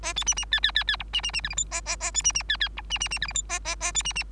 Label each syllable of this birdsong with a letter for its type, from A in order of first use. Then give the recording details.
A B C C D D D D E C C C F G H A A A B C C D D E C C C F G H A A A B C C. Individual Bird3